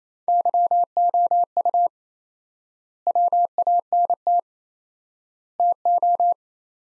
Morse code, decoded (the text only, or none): YOU WANT TO